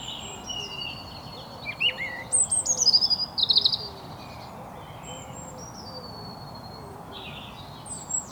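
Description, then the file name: European robin sings a thin, liquid phrase of sliding whistles and rapid notes, with fainter high warbling before and after. "Erithacus rubecula"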